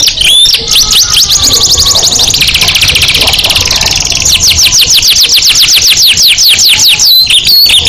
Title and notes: PANCINGAN SUARA MASTERAN KENARI BIKIN BURUNG MAKIN MENGGILA. masteran kicau kenari